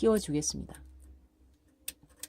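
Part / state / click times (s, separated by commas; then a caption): bobbin case into the sewing machine rotary hook / seated / 1.9 s. Someone talks, then a metal bobbin case holding the bobbin is pushed into the rotary hook of an industrial sewing machine and seats with a sharp click at 1.9 s. A softer tick follows near 2.2 s.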